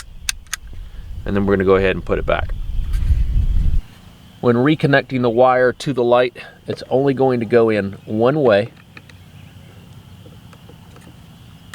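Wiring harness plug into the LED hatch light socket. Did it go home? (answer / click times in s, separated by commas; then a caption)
yes / 11.7 s. A wiring harness plug is lined up and slid into the socket of a new Meso Customs dual-color LED hatch light on a 5th Gen 4Runner; it only fits one way. Someone talks over low background noise, with a few faint taps. The plug clicks into place at 11.7 s.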